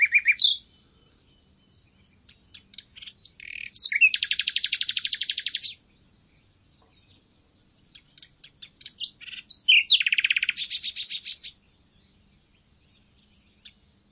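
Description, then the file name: Common nightingale song: two phrases, each opening with scattered notes and ending in a long, fast, buzzy rattle of repeated notes, with a quiet pause between. "Luscinia megarhynchos"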